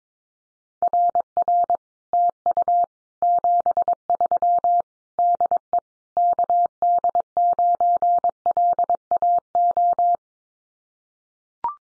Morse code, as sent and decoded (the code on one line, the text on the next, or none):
.-. .-. / - ..- / --... ...-- / -.. . / -.- -.. ----. .-.. .- ---
RR TU 73 DE KD9LAO